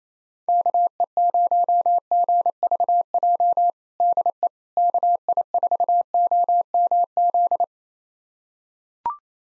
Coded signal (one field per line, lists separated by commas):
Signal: Morse code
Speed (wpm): 27 wpm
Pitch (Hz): 700 Hz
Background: none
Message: KE0GVJ DE KI4OMZ